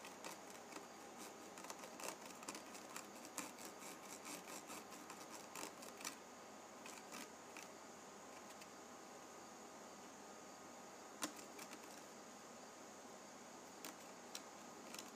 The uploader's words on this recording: ASMR Penny Ridge Rubbing.